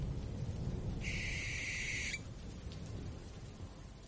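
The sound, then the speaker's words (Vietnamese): A barn owl gives one long, harsh, hissing screech lasting about a second as it takes off and flies up into the sky above a river, heard over a steady low rumble like rain or thunder, with a faint trailing rasp afterward. “con chim lợn rùng mình rồi cất cánh lao vụt lên tầng không. Cổ họng của nó cất lên ba tiếng kêu đầy ai oán.”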